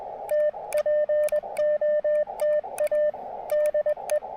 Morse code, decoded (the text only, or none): T POTA DE